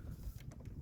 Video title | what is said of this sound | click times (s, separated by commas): How to Fold Ryobi 40V Lawn Mower Handle | it'll lock back into place. | 0.5 s